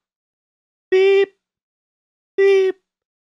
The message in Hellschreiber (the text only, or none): none